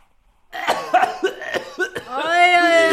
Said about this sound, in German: Sie haben ja auch Husten. Okay. Gut. Aber ist schon besser als die letzte Woche, gell?